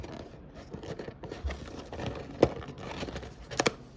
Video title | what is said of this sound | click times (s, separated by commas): Medium Retail - Child Lock Concept 4 w/ Full Auto-Btm | clicks and locks | 3.7 s